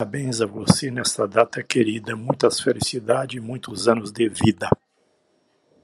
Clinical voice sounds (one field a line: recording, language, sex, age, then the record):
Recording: short text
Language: Brazilian Portuguese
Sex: male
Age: 80 to 89 years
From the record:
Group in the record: control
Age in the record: 83 years